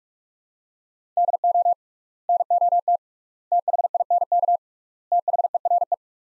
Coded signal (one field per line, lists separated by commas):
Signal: Morse code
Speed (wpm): 46 wpm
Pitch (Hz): 700 Hz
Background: none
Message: DO NOT THINK THERE